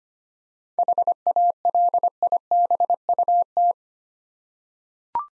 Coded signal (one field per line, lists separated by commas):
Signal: Morse code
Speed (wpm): 25 wpm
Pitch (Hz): 700 Hz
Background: none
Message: HALIBUT